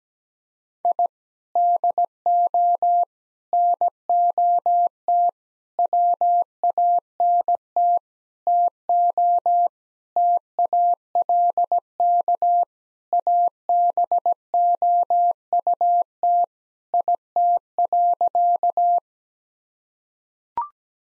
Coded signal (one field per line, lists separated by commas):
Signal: Morse code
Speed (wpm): 17 wpm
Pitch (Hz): 700 Hz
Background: none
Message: I DO NOT WANT TO TALK ABOUT IT.